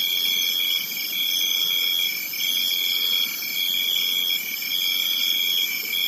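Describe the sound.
Crickets chirping in a shrill, constant chorus, one clear high note pulsing in regular bursts about once a second over the steady trill.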